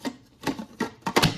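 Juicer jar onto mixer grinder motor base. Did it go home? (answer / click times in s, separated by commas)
yes / 1.1 s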